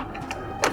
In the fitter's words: lock it into place and you can mount the